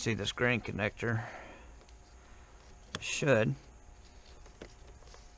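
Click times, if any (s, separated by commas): none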